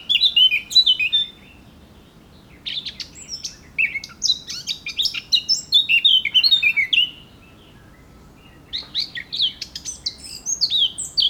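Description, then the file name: Eurasian blackcap song in three bursts of rapid chattering and fluty descending notes, each lasting a second or more, with brief silences between. "Sylvia atricapilla"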